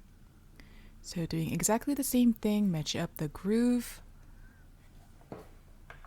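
Someone talks while a second laptop RAM module is lined up with the groove of the laptop memory slot, angled in at 45 degrees and pushed down. A short click at 5.9 s marks it latching, and the module is seated.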